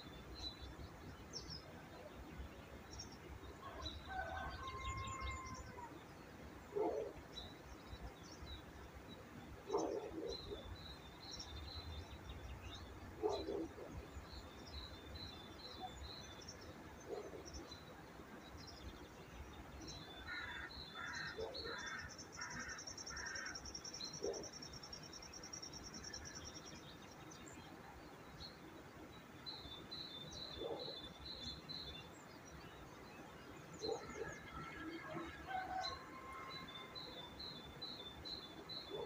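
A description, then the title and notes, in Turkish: Birdsong fills the stretch with repeated chirps and quick trills, some high and bright, over a low rumble that swells near 5 and 10 seconds. Doğa Sesleri. Kuş Sesleri.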